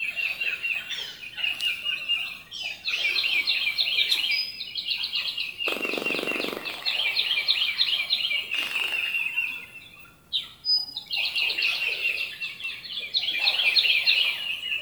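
Bird song in bright, rapid twittering phrases repeated in bursts with brief pauses, and a low rushing noise midway.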